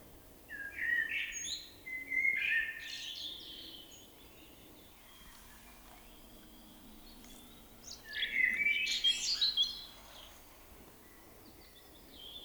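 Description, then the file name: Common blackbird song: short warbled whistled phrases early on, a pause, then a busier phrase with high squeaky twitters near the ninth second. "Turdus merula"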